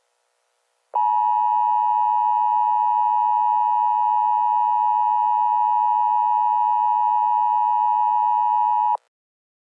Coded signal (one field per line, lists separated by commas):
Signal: Emergency Alert System (SAME) tones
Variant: 853 and 960 Hz attention tone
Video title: EAS Scenario: Colorado Tornado Disaster